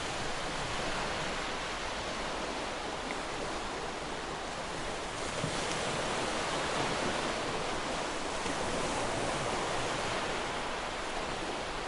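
Ocean waves wash continuously in a steady, dense rush of hissing water, with no clear breaks and only slight swells in loudness.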